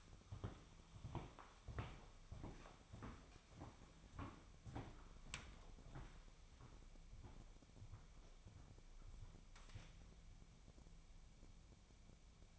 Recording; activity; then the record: daily activity, microphone in the room; walk to room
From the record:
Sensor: 1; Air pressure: 999.9 hPa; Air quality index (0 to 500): 128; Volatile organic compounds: 2 ppm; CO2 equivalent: 1214 ppm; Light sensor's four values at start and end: 39/101/42/52 and 38/95/40/50